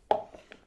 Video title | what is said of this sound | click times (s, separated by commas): Piranha! | It will click into place if you get it in square. | 0.1 s